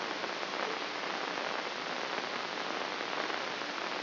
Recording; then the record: brain microelectrode recording played as sound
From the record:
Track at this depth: inside the subthalamic nucleus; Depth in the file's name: 4.465 mm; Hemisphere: left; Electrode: 3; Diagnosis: Parkinson's disease